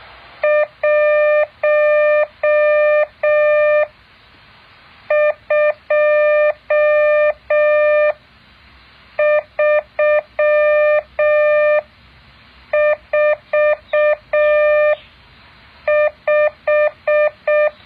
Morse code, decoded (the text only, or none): 12345